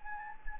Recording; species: mosquito wingbeat signal from an infrared sensor; Anopheles gambiae